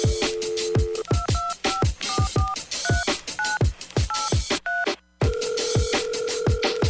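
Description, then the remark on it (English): A steady telephone dial tone hums, then gives way to a run of short two-note keypad beeps before the dial tone returns, all over a thumping, rhythmic music beat. “The only thing I'ma give you motherfuckers is the dial tone.”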